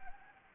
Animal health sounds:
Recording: mosquito wingbeat signal from an infrared sensor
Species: Anopheles gambiae

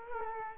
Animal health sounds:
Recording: mosquito wingbeat signal from an infrared sensor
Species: Culex quinquefasciatus

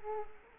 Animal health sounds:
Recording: mosquito wingbeat signal from an infrared sensor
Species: Culex quinquefasciatus

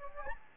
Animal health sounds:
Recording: mosquito wingbeat signal from an infrared sensor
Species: Anopheles gambiae

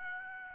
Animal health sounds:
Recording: mosquito wingbeat signal from an infrared sensor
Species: Aedes albopictus

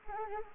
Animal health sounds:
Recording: mosquito wingbeat signal from an infrared sensor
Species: Anopheles arabiensis

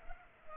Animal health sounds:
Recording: mosquito wingbeat signal from an infrared sensor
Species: Culex pipiens

